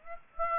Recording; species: mosquito wingbeat signal from an infrared sensor; Aedes aegypti